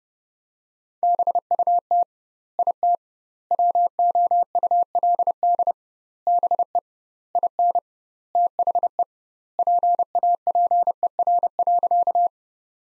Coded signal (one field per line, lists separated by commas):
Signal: Morse code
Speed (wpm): 30 wpm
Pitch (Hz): 700 Hz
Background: none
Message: BUT IT WOULD BE IN THE PAPER.